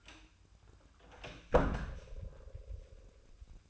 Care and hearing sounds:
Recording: daily activity, microphone in the room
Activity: close door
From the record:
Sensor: 2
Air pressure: 1004.7 hPa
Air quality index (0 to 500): 73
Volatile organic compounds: 1 ppm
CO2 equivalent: 870 ppm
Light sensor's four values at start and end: 7/16/6/6 and 7/16/6/6

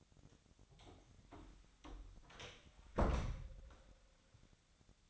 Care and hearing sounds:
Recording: daily activity, microphone in the room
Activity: close door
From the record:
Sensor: 3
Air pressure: 1007.6 hPa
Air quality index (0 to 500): 195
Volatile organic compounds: 15 ppm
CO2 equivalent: 2502 ppm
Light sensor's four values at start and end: 12/29/12/12 and 12/29/12/12

